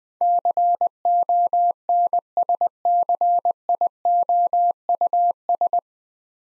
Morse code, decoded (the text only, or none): CONSCIOUS